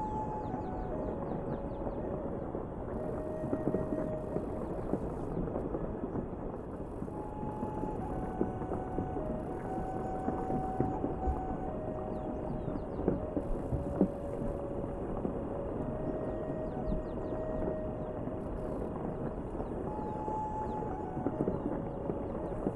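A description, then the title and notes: Steady, dense country rain hisses throughout with a low rumbling undertone. A light ocarina plays a slow, gentle melody of long held mid-range notes over the rain, and faint high chirps come and go in the background. Kick Back Under The Gazebo & Enjoy The Country Rain w/ Light Ocarina Music. The Country Rain & Light Ocarina Music.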